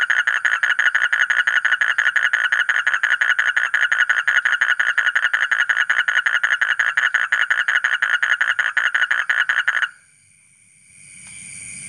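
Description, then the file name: Asian common toad giving a long rapid pulsed trill for about ten seconds, then stopping abruptly, leaving only faint hiss. "suara kodok bangkong kolong kodok buduk"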